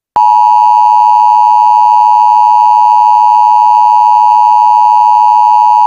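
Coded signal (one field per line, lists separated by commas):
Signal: Emergency Alert System (SAME) tones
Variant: 853 and 960 Hz attention tone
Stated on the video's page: Fictional EAS scenario themed on the film Turning Red.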